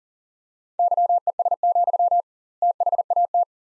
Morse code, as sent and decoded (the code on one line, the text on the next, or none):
-.-- . ... --..-- / - .... .- -
YES, THAT